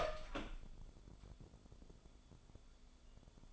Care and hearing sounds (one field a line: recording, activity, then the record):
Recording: daily activity, microphone in the room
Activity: open door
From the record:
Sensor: 5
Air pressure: 1015.3 hPa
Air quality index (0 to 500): 206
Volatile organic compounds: 10 ppm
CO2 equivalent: 2235 ppm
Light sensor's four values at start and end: 29/67/26/23 and 29/66/26/23